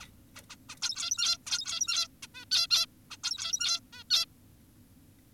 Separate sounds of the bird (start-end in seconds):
0.02-0.06, 0.36-0.42, 0.50-0.56, 0.69-0.75, 0.82-1.38, 1.46-2.08, 2.23-2.27, 2.35-2.45, 2.52-2.67, 2.71-2.86, 3.11-3.17, 3.24-3.80, 3.93-4.04, 4.10-4.26